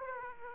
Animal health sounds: mosquito wingbeat signal from an infrared sensor; Aedes aegypti

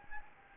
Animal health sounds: mosquito wingbeat signal from an infrared sensor; Anopheles gambiae

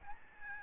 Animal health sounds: mosquito wingbeat signal from an infrared sensor; Aedes albopictus

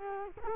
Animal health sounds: mosquito wingbeat signal from an infrared sensor; Culex quinquefasciatus

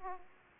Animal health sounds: mosquito wingbeat signal from an infrared sensor; Aedes aegypti

